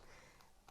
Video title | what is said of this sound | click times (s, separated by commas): NHSGGC - How to use the breast pump when your baby is on the neonatal unit | that will just sit in there and if you push it down you should hear it click | 0.7 s